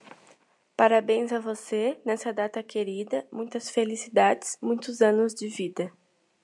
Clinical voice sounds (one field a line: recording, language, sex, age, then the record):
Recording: short text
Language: Brazilian Portuguese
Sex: female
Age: 20 to 29 years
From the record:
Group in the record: control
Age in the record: 22 years